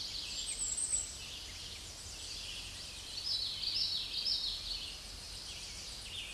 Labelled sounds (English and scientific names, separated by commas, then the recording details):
Common Yellowthroat (Geothlypis trichas) song
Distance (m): 25 m
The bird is about 5 m above the microphone
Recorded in a Pennsylvania forest on 16 May 2024 at 07:36
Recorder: AudioMoth, point MSD-0215
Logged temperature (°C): 16.1 °C
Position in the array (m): 31 m, 148 m